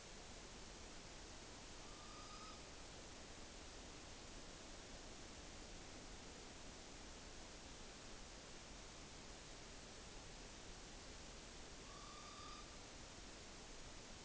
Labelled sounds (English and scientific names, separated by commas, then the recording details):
Morepork (Ninox novaeseelandiae) trill
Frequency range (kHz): Morepork (Ninox novaeseelandiae) 1.0-6.5 kHz
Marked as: faintness 3/5
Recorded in New Zealand on 9 October 2013
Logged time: 17:00
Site Ponui